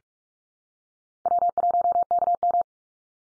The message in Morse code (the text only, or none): W1KM